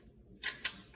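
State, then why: Not seated. A hinged plastic canopy is swung closed over a syringe sitting in the blue slot of a LifeFlow manual rapid-infusion device. A bright plastic knock at about 0.4 s is followed by a sharper tap at 0.7 s and a faint tick near 0.9 s. The canopy has not latched yet, and nothing has seated or clicked.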